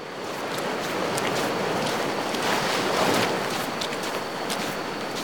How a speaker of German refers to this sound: Da ist auch schon wieder das Meer vor uns.